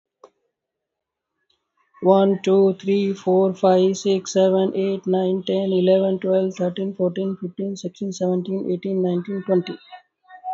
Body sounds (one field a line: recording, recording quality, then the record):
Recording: counting at a fast pace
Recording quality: excellent, no background noise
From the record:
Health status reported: healthy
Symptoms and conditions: none ticked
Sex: male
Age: 53 years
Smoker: not ticked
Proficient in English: yes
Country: India